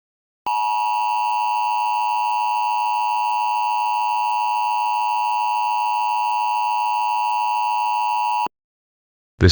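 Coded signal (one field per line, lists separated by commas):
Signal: Emergency Alert System (SAME) tones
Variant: 853 and 960 Hz attention tone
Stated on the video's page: Mock EAS alert with valid EAS tones, a Civil Emergency Message for all of Ohio.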